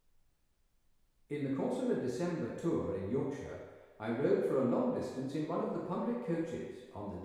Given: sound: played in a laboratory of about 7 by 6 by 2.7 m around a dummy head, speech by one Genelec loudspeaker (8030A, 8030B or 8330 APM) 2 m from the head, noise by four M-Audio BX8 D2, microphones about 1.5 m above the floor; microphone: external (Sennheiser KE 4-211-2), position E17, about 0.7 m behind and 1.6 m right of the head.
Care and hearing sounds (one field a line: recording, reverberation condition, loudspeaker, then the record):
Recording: male speech in English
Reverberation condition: high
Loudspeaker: 150 degrees to the right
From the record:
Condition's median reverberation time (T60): about 1300 ms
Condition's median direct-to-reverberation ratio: about -4.0 dB